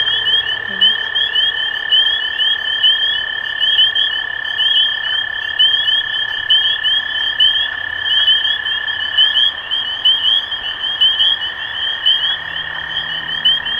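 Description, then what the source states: Spring peepers calling in a dense chorus, overlapping high rising peeps repeated about once a second, with a steady lower whine running throughout. Recorded 23 March 2012.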